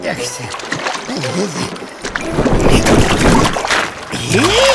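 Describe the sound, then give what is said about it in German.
A fishing net holding two captured characters is hauled up out of a river and hoisted aboard a ship with a burst of heavy, churning splashes and sloshing water. Wavering, cry-like vocal sounds come before the splashing and again at the end. “Greulix und Grinoline werden mit einem Fischernetz gefangen und an Bord eines Schiffes gehievt.”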